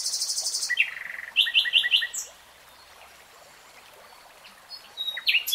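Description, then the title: Nightingale singing a rapid high trill that drops into a string of sharp repeated notes, then a pause and a burst of varied high chirps. Singing, recorded in real time; a three-hour recording. "[Tiếng chim hót] Nightingale Singing"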